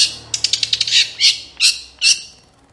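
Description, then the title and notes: Long-tailed shrike harsh call: a quick run of rasping chatter followed by three separate loud, grating squawks. Cendet singing in the morning with 'toet toet' variations, used as a lure to prompt silent, stalled or stressed cendet to sing within five seconds. "Cendet Gacor Dor Di Kala Pagi Toet Toet Variasi Suara. PANCINGAN CENDET MALAS BUNYI CENDET MACET CENDET STRESS. Burung cendet"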